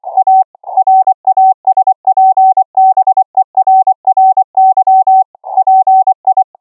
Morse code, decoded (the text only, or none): A RASPBERRY PI